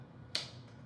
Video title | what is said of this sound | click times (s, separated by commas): The Canon R5 Settings You Need To Know - High School Yearbook/Journalism | click. Very satisfying. | 0.3 s